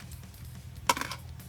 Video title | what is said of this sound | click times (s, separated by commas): Mercedes W204 C Class Remove COMAND Monitor LCD Assembly Command Flip up Screen APS Navigation | So like most things in here, it all just snaps into place. | 0.9 s